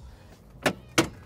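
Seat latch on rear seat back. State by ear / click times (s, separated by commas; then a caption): released / 0.7 s, 1.0 s. The latch on a rear upholstered seat back of an EMC Mercedes Wolf G-Wagen is undone so the seat tips forward for access to the back. Two sharp clicks are heard at 0.7 s and 1.0 s over a low, quiet background. The latch is released and the seat tips forward.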